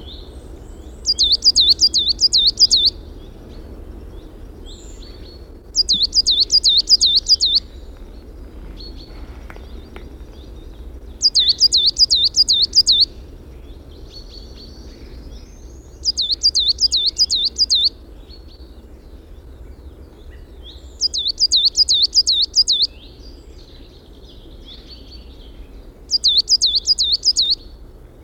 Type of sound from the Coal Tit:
song